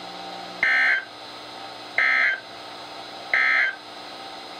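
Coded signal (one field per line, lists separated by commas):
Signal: Emergency Alert System (SAME) tones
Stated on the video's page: Marine warnings and tests from NOAA weather radio station KHB36, received on multiple weather radios.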